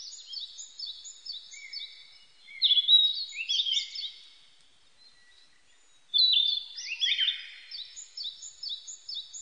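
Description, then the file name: Narcissus flycatcher song: high chirp series with two loud bursts of tumbling whistled notes, separated by a quiet pause. Recorded 25 April 1998. "980425 kibitaki"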